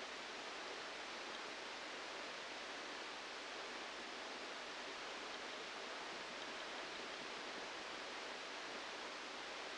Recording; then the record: brain microelectrode recording played as sound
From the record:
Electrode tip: outside the subthalamic nucleus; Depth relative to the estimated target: 3 mm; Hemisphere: left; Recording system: NeuroSet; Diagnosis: Parkinson's disease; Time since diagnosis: 8 years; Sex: male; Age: 37 years